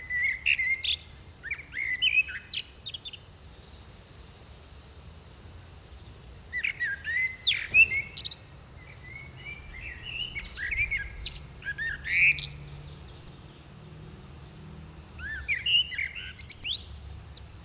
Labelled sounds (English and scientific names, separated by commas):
Common Blackbird (Turdus merula) song